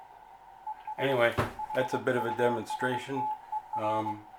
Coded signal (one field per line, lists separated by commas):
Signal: Morse code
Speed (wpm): 22 wpm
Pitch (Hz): 860 Hz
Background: speech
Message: ES HUSTER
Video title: UCR 40M CW Homebrew XCVR Pt.2